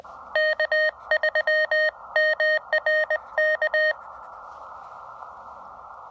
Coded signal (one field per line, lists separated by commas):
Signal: Morse code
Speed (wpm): 20 wpm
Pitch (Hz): 1850 Hz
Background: none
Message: K3MRK